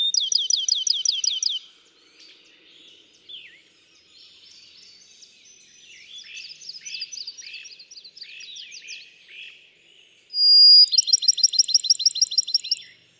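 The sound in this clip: Bachman's sparrow song: a rapid trill opens, then varied softer warbling fills the middle, and a piercing whistle leads into another fast trill.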